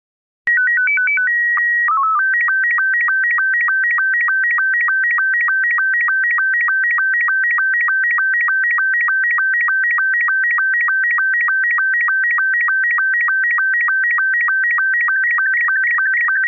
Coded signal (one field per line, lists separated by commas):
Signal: SSTV (slow-scan television)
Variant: Robot 72